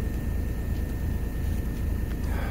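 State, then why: Not seated. A tachograph drawer is handled by hand at a tachograph unit in a vehicle dashboard, while a steady low rumble and a faint constant high tone run throughout. The clip ends before the drawer goes home, and nothing has seated or clicked yet.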